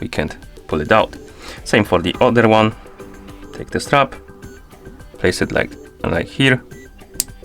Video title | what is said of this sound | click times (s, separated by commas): How to Change Band Strap on XIAOMI Smart Band 8 | and then snap it on. | 7.2 s